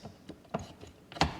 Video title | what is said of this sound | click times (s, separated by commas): BEST Garmin Graph to Buy!? GPSMAP 1222 vs. ECHOMAP Ultra 126sv | so push that back down lock it into place | 1.2 s